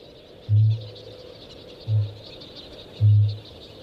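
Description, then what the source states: Kakapo booming: three deep, hollow low booms, each under half a second, spaced roughly one to one and a half seconds apart, over a faint steady high-pitched hiss. Males at a lek sit in a scraped bowl, inflate themselves like a football and boom from dusk till dawn; the far-carrying booming attracts females.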